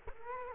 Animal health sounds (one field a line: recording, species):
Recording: mosquito wingbeat signal from an infrared sensor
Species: Culex quinquefasciatus